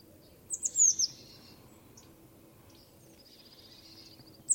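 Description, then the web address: Bird call: one burst of high, thin descending notes near the start, then a faint high trill and a short chip at the end. "cianscape. Deverinetal 2025. Bird Only"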